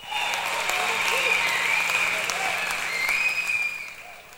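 Steady applause from a crowd on a radio programme, a dense crackle of clapping that holds for about three and a half seconds before tapering off, with faint whistles or cheers mixed in.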